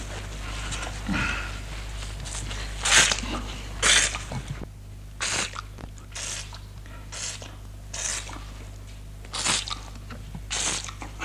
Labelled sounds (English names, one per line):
Chimpanzee